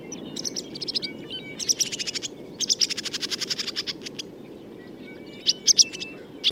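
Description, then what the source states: Barn Swallow calls, a series of quick chirps and short rattling notes in bursts, with a steady low hum underneath. Call very similar to other swallows' calls; birds starting to return.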